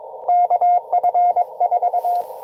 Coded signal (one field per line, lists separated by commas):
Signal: Morse code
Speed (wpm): 22 wpm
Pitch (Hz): 700 Hz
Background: none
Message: KF4